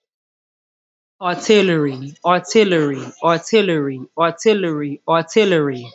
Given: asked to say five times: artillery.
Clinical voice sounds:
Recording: repeated word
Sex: female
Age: 30 to 39 years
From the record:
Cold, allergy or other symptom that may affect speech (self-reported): no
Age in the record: 32 years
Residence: United States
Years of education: 10

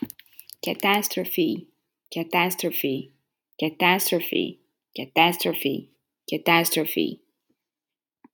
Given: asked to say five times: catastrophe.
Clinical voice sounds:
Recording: repeated word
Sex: female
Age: 30 to 39 years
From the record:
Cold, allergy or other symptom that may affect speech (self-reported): no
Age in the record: 37 years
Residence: Florida, United States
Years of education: 16

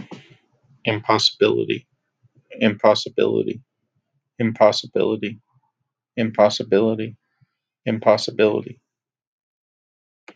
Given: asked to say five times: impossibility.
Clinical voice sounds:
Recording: repeated word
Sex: male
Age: 30 to 39 years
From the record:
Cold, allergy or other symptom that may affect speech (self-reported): no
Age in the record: 38 years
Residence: Pennsylvania, United States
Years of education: 16

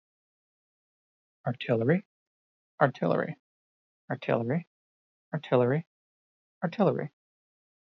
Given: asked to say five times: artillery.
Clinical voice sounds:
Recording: repeated word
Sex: male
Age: 30 to 39 years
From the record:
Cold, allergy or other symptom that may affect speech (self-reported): no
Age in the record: 37 years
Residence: Missouri, United States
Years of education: 18

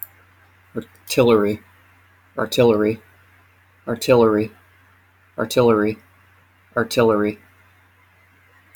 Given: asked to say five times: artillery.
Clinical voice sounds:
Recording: repeated word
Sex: male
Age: 30 to 39 years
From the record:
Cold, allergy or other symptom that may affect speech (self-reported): no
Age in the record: 37 years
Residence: North Carolina, United States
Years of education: 16

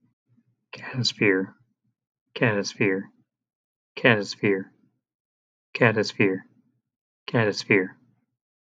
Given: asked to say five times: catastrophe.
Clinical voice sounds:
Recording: repeated word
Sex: male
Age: 30 to 39 years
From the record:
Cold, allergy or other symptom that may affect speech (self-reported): no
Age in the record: 31 years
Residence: United States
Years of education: 16

